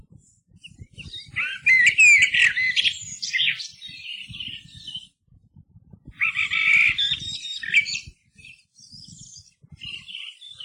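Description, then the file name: Eurasian blackbird song: two bursts of warbled, whistled notes sliding into squeaky high twitters, separated by a pause of about two seconds, with faint low rumble underneath. "MERLO"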